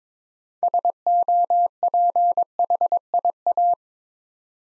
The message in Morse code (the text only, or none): SOPHIA